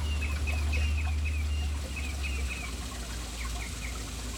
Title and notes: Urban birds at fountain. City Birds hanging around fountain